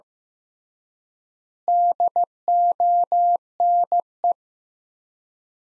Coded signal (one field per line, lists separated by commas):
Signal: Morse code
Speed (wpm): 15 wpm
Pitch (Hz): 700 Hz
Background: none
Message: DONE